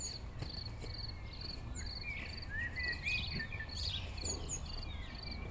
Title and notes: 195 Rue de Vars, Chindrieux, France. Deux juments dans un pâturage , grillons, oiseaux proches et lointains